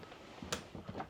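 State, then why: Seated. The window vent latch in an RV window frame is worked by pressing its small button, turning it, and pushing the window open to the vent position. A faint click at 0.5 s marks the latch seating in the vent position, followed by a softer tap near 1.0 s.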